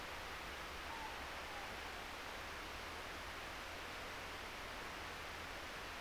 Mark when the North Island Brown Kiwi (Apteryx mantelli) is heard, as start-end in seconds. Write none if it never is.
none